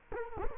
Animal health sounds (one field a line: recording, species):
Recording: mosquito wingbeat signal from an infrared sensor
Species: Culex quinquefasciatus